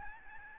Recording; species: mosquito wingbeat signal from an infrared sensor; Aedes albopictus